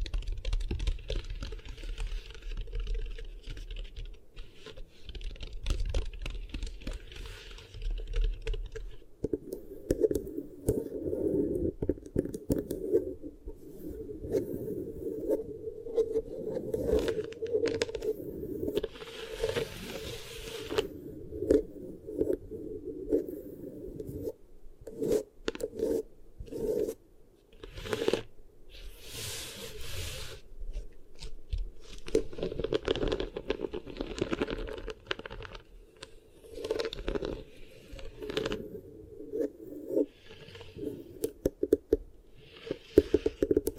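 Beeswax ear triggers: soft, sticky rubbing and squishing that runs almost without pause. The first nine seconds are lower and muffled, then the sound turns brighter and denser, with crackly scraping bursts and brief tearing pulls scattered through to the end.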